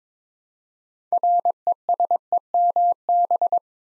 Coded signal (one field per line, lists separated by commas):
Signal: Morse code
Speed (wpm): 22 wpm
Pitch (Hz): 700 Hz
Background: none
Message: RESEMB